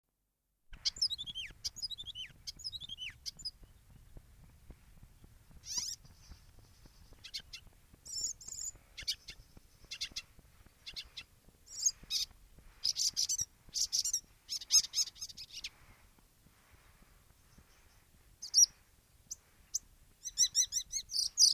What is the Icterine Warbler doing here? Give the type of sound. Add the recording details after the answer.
song. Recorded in the wild. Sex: male. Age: adult. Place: Baiersdorf, Bayern, DE. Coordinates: 49.6578, 11.0319. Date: 1962-06-13. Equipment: Original, Vollspur. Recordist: Tretzel, Erwin